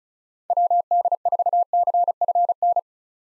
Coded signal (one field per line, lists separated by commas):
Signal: Morse code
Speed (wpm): 36 wpm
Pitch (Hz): 700 Hz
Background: none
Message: WD4CFN